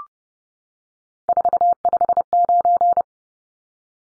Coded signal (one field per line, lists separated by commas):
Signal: Morse code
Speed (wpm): 30 wpm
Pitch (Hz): 700 Hz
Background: none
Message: 459